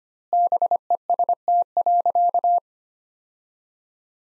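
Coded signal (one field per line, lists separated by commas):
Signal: Morse code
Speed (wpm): 25 wpm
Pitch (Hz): 700 Hz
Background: none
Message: BEST.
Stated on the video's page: Morse sentences built from the top 500 words, sent at 25 wpm with three times standard word spacing, a word-level analogue of Farnsworth spacing, for head-copy practice.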